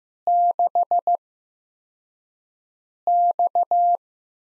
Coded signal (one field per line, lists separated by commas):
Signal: Morse code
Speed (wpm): 15 wpm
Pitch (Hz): 700 Hz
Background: none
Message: 6X